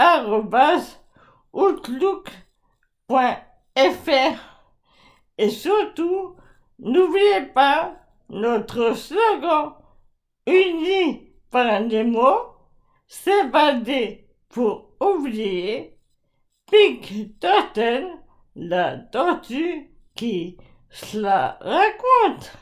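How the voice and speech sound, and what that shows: Slow, halting French speech from a 40-year-old woman, in short bursts with long pauses and blurred consonants: dysarthria from amyotrophic lateral sclerosis (Charcot disease). Her voice is severely affected, with articulation difficulties that worsen little by little.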